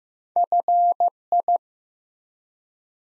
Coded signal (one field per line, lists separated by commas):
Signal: Morse code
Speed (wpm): 15 wpm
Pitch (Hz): 700 Hz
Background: none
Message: FI